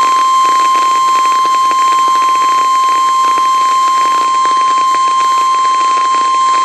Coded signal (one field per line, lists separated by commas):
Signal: Emergency Alert System (SAME) tones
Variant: 1050 Hz attention tone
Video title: Severe Thunderstorm Watch #527 (EAS#2)